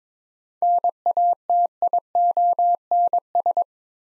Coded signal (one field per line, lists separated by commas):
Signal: Morse code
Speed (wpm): 22 wpm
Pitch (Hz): 700 Hz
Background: none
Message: NATIONS